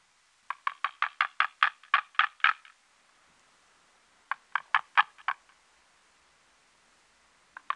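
White-tailed eagle yelping call series: about four clipped, barking notes per second, then a shorter second burst.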